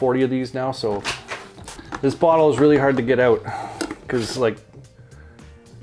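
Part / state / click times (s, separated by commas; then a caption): presentation case lid onto its perfume bottle case base / not seated / none. Someone talks while handling the plastic presentation case of a Lattafa Pride Hala fragrance bottle, trying to close its lid onto the case base. Only a few small, quiet handling knocks follow near the end, around 4.9, 5.4 and 5.8 seconds. The lid fails to snap on, and nothing has clicked into place yet.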